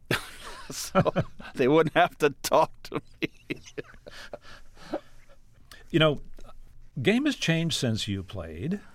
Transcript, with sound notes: So they wouldn't have to talk to me (laughter).
You know, game has changed since you played.